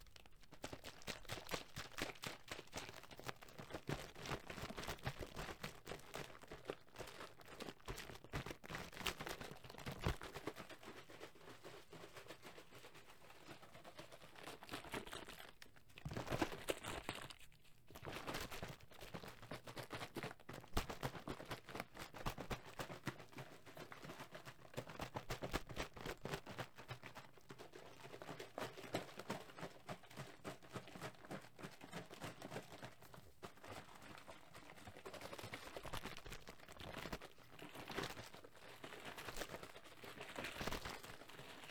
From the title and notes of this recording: ASMR Liquid Shaking Heaven.